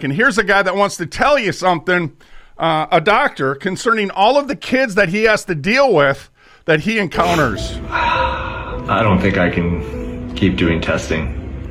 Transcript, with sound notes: Here's a guy that wants to tell you something, uh, a doctor concerning all of the kids that he has to deal with, that he encounters.
(sighs) I don't think I can keep doing testing